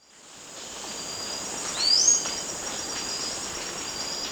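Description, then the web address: Blue-rumped manakin call: a single thin, high note sliding upward, over a steady high insect hum. Recorded in Ecuador. "Birds of Ecuador. Blue-Rumped Manakin"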